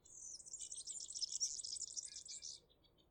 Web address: ecoute de mon quartier serin cini